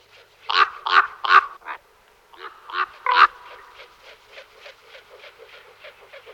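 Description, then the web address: Common raven calling: a burst of loud, rough croaks in two groups, then a fast run of softer, clipped notes trailing off. "Kolkrabe"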